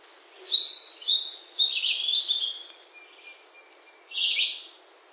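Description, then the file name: Warbler song: quick high chattering phrases repeated three times, then a pause and one more short burst, with a steady high insect drone throughout. Recorded on the Sendero Macuco trail, Misiones, in 2010. "MB--Mosquitero----Sendero-Macuco-Misiones-2010"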